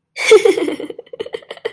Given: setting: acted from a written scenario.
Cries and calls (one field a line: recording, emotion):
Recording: vocal sound without words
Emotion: amusement